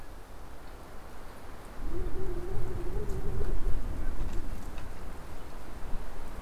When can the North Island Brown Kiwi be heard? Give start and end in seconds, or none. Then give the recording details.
none. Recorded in New Zealand on 14 October 2015. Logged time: 20:29. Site BN6